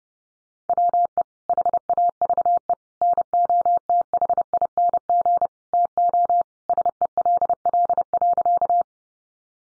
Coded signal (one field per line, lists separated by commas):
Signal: Morse code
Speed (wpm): 30 wpm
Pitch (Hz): 700 Hz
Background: none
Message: WE HAVE NOTHING TO SELL.